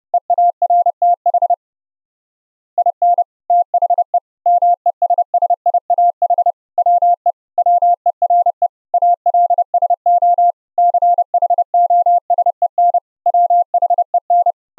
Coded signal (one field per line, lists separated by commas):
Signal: Morse code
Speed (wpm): 30 wpm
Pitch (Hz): 700 Hz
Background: none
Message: EARTH IN THE MESSIAH WE WERE ALSO CHOSEN WHEN